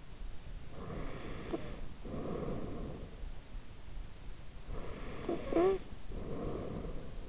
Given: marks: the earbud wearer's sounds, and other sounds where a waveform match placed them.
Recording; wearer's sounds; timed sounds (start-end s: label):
sounds in sleep by an in-ear microphone; snoring breath
0.69-3.32 s: snoring breath
4.66-7.29 s: snoring breath